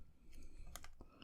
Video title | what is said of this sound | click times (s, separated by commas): DeAgostini Build Your Own Thunderbird 2 Issues 13 & 14: Stingray! | like that, so it does all click into place. | 0.8 s